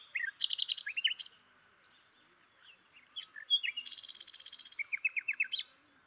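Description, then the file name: Common nightingale singing varied phrases: quick chattering notes, a pause, then a rapid buzzy trill and a run of repeated whistled notes. "Luscinia megarhynchos"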